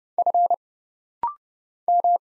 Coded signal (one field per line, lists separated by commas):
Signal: Morse code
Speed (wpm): 30 wpm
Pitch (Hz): 700 Hz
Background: none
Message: F M